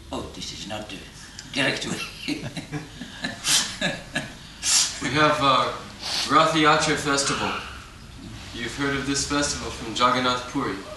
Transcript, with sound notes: Oh, this is not the direct way. [laughs]
We have a Ratha-yātrā festival. You have heard of this festival, from Jagannātha Purī?